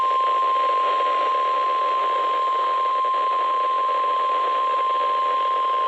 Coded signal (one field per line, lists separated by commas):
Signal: Emergency Alert System (SAME) tones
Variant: 1050 Hz attention tone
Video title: September Storms: EAS Alerts From 9/6/25 (EAS #5819-5853)